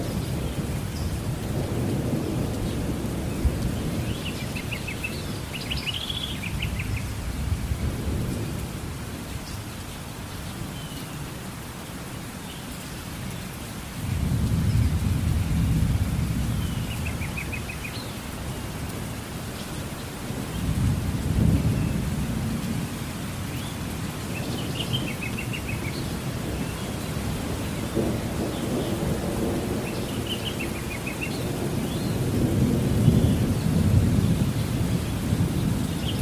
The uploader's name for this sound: Calming Thunderstorms, Birds, and Meditation Music